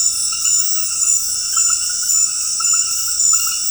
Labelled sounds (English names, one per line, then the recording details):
none
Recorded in dense forest near Puerto Asís, Putumayo, Colombia, on 21 February 2024 at 21:30
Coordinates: 0.484, -76.317
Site G6464